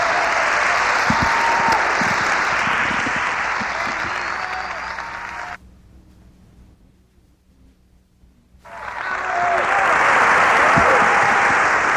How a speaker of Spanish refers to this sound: Para hablar de los puntos más importantes del patrón, sí les pediría que la reciban con un aplauso, que esto se caiga, ¿verdad?